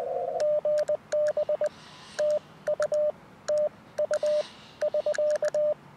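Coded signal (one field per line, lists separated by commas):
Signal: Morse code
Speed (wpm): 20 wpm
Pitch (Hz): 600 Hz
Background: radio noise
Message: GB TU TU <SK>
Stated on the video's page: Beginner's relaxed 10 MHz CW contacts, exchanging QTH and name, using an inverted-V dipole from a riverbank portable station.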